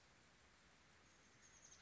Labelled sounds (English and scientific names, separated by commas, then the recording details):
Oak Titmouse (Baeolophus inornatus)
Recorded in Sonoma County, California